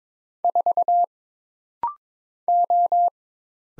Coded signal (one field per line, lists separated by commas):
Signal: Morse code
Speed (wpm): 22 wpm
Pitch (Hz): 700 Hz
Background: none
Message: 4 O